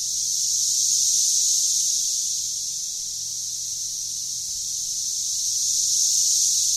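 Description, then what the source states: Cicada chorus, a constant shrill high drone that swells, eases off in the middle, then swells again toward the end. 13-year periodical cicada outbreak chorus under trees in a Franklin, Tennessee backyard, May 30, 2011; pulses every 5-6 seconds, 90-99 decibels; audible indoors, louder at back where trees stand closer.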